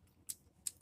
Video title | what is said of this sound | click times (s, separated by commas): Transformers Studio series 86 22 BRAWN review - Carno | wrap the entire leg around until it clicks | 0.7 s